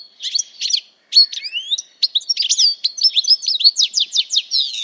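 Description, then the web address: Bird calling in a busy stream of twittering notes, varied chirps and slurs that speed into a rapid, evenly spaced series of sharp notes near the end. "Deverinetal"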